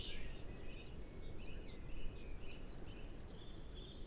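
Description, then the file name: Eurasian blue tit giving high, thin introductory notes, each followed by a quick run of three lower, slurred notes, repeated three times in quick succession. "Cyanistes caeruleus"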